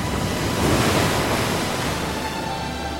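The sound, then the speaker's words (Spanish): Sea waves wash against the shore in a steady, rushing roar that swells slightly early on, with a hiss of wind mixed in and no voices. “después de encontrarme admirando embobado el mar”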